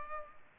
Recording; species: mosquito wingbeat signal from an infrared sensor; Culex pipiens